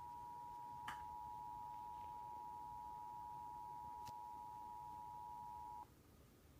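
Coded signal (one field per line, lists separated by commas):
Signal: Emergency Alert System (SAME) tones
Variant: 853 and 960 Hz attention tone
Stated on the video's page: Real severe thunderstorm warning for five Indiana counties, issued for a line of storms with damaging winds and possible hail.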